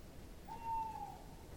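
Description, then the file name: Owl giving a single steady, whistled mid-pitched note held for about half a second, with faint background hiss. "Eule"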